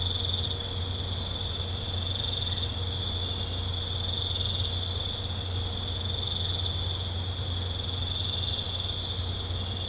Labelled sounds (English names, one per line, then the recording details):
none
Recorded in pastures near Puerto Asís, Putumayo, Colombia, on 15 December 2024 at 21:30
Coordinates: 0.502, -76.324
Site G077